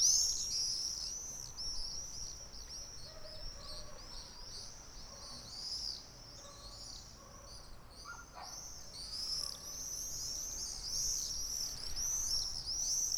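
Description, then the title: Swallows twittering continuously, a busy stream of high overlapping chirps from several birds, with faint lower bird notes and steady background noise. About twenty swallows flying fast low over houses in Ollo, Navarra, Spain, on a summer morning; birds said to stop twittering when recording starts. "Golondrinas En Ollo"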